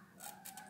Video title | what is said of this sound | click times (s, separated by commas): 20 Yıl Aradan Sonra Yeni PC Sistem Toplama. Bilgisayarı Yeniledim. Kendin Topla #reklam (Değil) | ik parça bağlantı yeri de zaten iki parça çıt sesini duyduk | 0.5 s, 0.6 s